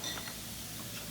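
The bottom of a plastic console piece on a Bosch dishwasher is handled against the metal frame so its four tabs can be pushed in. Only faint, low handling noise is heard. Nothing has seated or clicked yet.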